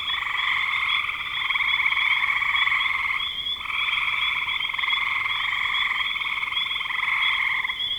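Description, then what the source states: Frogs calling as a massed chorus, buzzy trills with a short dip just after three seconds, then resuming. Recorded in spring 2025.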